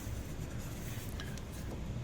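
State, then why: Partly seated. A spark plug wire boot is pushed up from underneath onto the ignition coil tower of a rough-running Silverado 5.3 being checked for a misfire. Over a steady low rumble, a short click is heard at 1.2 s, followed by a fainter tick at about 1.4 s. The boot is close but not fully seated on the coil and still needs to be snapped up into place.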